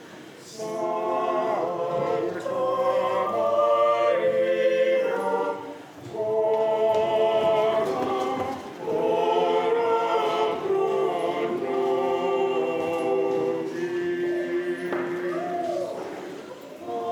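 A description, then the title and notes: A choir sings with organ in sustained, swelling phrases, the voices holding long notes in the middle register. The singing breaks briefly near 6 and 9 seconds before resuming at full strength, then eases toward a softer, lower passage in the final seconds. The choir with the organ, and the congregation singing.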